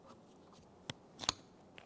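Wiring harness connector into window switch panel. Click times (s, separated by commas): 0.9 s, 1.3 s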